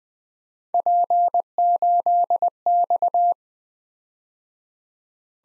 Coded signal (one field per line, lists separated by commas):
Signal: Morse code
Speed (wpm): 20 wpm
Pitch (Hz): 700 Hz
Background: none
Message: P8X